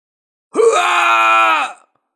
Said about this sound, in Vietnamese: Cửu u ngao hét lên, hầu hết pháp lực của ông ta tập trung vào chính cái đuôi, bây giờ đang gào thét rung trời.